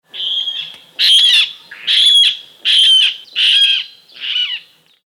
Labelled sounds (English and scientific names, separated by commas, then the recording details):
Water Rail (Rallus aquaticus)
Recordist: Tembrock, Günter
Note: Quieken